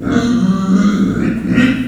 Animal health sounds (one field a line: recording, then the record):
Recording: squeal of a Yucatan mini pig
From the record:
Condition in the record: after surgery on the right vocal fold (resection and tissue-engineered implant)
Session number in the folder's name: 6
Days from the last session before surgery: 40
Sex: female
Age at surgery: 19 weeks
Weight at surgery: 25 kg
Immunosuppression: prednisolone